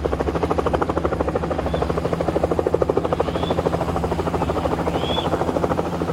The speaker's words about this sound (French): Un hélicoptère les achemine tous les deux jusqu'à Yamboukou, près de la frontière centrafricaine.